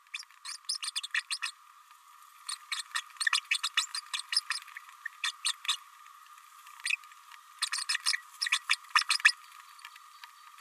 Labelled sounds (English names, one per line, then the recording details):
Green-rumped Parrotlet babbling
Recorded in a nest box in Venezuela
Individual 18B104A5